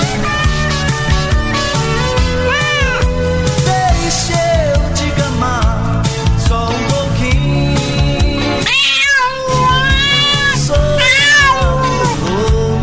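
Several cats meow repeatedly in high, arching wails that rise and fall in pitch, layered over a dense, steady musical backing that stays loud throughout.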